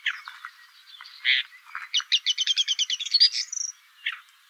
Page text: LANIUS SENATOR - WOODCHAT SHRIKE - AVERLA CAPIROSSA. 30/june/2008 (6 a.m.). one pair is perched on the top of a big oak, in a hay field near a small pond. Poderone near Magliano in Toscana. calls perched